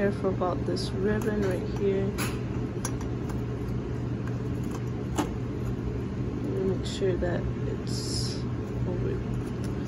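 An ink ribbon cartridge is handled as it goes into a Star Micronics receipt printer while someone talks, with a few short handling taps over a steady low hum. The cartridge has not clicked or seated yet by the end of the clip.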